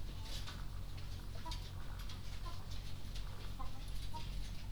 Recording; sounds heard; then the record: poultry house recording; sick chickens (respiratory disease)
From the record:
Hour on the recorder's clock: 20